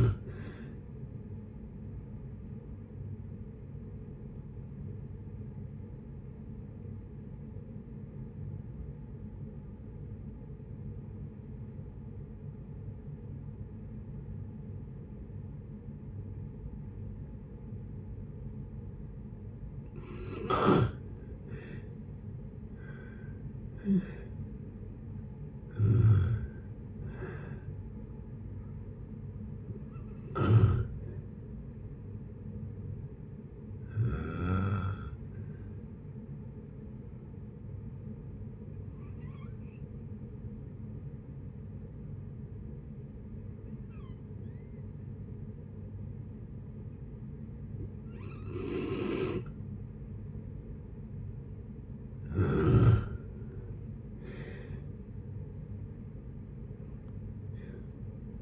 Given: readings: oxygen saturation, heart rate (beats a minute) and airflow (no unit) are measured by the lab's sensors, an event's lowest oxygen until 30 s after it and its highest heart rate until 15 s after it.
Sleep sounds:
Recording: breathing in sleep by a smartphone at the bedside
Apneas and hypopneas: 2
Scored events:
5.00-20.10 s: obstructive apnea (N2, oxygen 95% highest, then 83% lowest, heart rate 65 at the start, 73 highest)
34.00-53.10 s: hypopnea (N2, oxygen 96% highest, then 90% lowest, heart rate 64 at the start, 78 highest)
51.00-58.42 s: new sleep stage, N1 (lightest sleep)
From the record:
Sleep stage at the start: N2 (light sleep)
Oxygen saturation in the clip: 83 to 96%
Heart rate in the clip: 56 to 73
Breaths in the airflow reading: 11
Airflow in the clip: -8.0 to 14.0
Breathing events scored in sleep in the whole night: 496 in 5.4 hours asleep

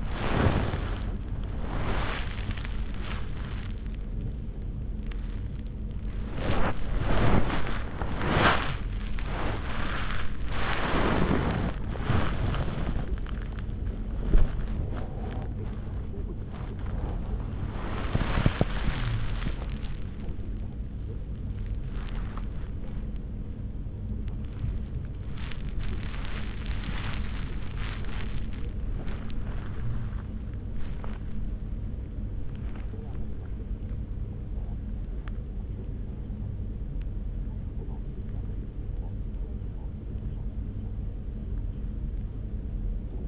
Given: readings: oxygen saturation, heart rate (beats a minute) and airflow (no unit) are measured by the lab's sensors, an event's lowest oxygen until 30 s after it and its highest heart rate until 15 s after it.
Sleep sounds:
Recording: a person awake in a sleep study, by a smartphone at the bedside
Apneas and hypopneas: none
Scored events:
0.00-43.28 s: awake
From the record:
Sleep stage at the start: awake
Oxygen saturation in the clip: 94 to 96%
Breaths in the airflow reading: 14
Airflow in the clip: -5.5 to 4.7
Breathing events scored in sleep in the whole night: 335 in 6.7 hours asleep

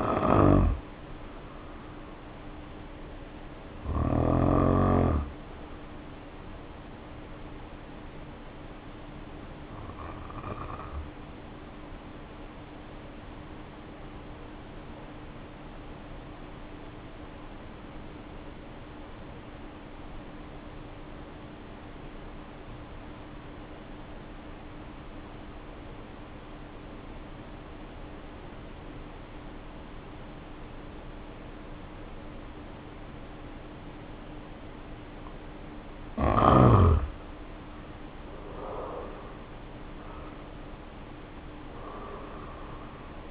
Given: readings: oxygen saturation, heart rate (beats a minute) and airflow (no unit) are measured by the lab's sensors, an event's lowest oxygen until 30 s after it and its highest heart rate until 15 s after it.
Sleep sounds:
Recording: breathing in sleep by a voice recorder at the bedside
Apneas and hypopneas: 1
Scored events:
3.00-38.10 s: hypopnea (N1, oxygen 95% highest, then 74% lowest, heart rate 52 at the start, 68 highest)
26.00-43.31 s: new sleep stage, N2 (light sleep)
From the record:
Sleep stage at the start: N1 (lightest sleep)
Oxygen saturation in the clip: 73 to 95%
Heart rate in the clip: 51 to 67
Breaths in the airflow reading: 11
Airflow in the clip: -2.2 to 2.5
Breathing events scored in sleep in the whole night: 520 in 7.2 hours asleep

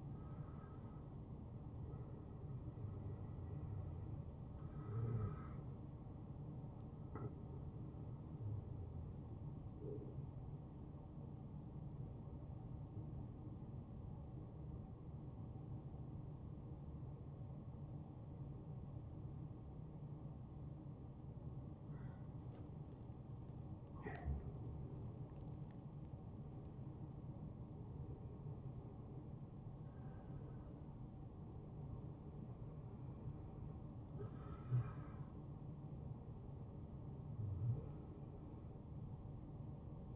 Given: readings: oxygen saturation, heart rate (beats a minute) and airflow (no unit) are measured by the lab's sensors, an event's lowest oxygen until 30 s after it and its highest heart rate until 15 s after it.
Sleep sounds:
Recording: breathing in sleep by a smartphone at the bedside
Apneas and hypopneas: none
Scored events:
none scored
From the record:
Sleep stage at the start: N1 (lightest sleep)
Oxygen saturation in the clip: 93 to 95%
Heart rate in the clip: 66 to 78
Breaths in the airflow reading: 7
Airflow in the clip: -6.3 to 12.1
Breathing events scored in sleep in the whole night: 263 in 5.5 hours asleep

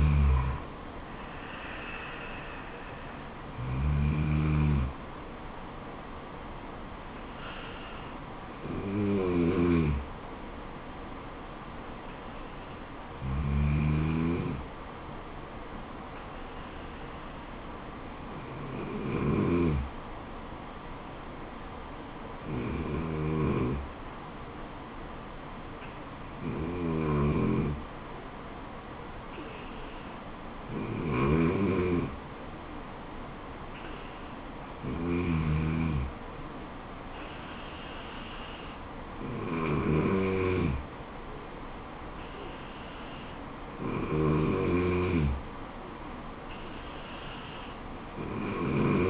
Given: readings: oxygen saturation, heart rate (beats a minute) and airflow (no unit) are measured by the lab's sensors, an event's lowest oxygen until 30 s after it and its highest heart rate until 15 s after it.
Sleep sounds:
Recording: breathing in sleep by a voice recorder at the bedside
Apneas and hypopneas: none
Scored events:
34.00-49.10 s: new sleep stage, N2 (light sleep)
From the record:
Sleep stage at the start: N3 (deep sleep)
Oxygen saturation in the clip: 94 to 95%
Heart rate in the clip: 66 to 77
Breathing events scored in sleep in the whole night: 426 in 7.4 hours asleep

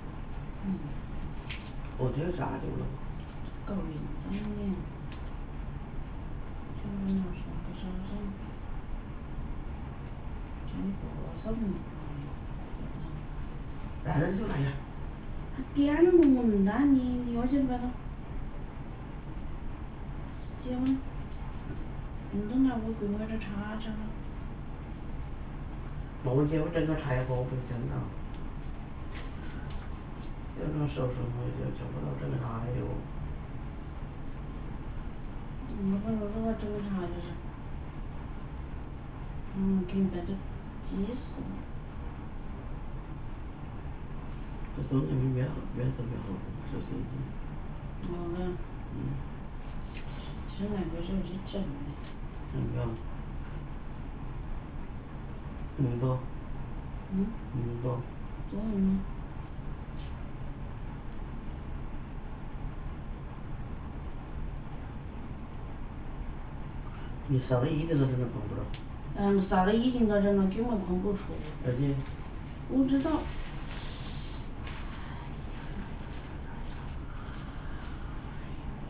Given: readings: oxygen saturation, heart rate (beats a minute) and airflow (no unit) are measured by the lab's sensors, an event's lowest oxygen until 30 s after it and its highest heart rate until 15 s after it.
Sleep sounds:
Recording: a person awake in a sleep study, by a smartphone at the bedside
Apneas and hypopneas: none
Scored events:
0.00-78.90 s: awake
0.00-78.90 s: awake
From the record:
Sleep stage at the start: awake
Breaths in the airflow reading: 26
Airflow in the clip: -0.8 to 0.8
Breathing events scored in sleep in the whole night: 328 in 6.3 hours asleep

